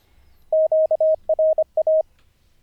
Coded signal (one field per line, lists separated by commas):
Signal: Morse code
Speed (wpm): 26 wpm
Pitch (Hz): 630 Hz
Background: radio noise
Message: QRA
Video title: How to Learn Morse Code (Day 45)